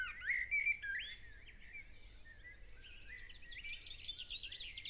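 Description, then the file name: Common blackbird with a short fluted phrase, then a long stretch of thin, high scratchy twittering over a faint background hiss. "Turdus merula"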